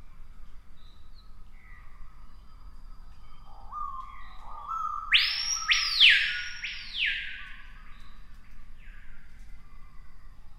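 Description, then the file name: Screaming piha: soft low whistles build into a loud, explosive upslurred whistle and a second drawn-out falling scream, then fade back to faint background notes. "piha bird scream"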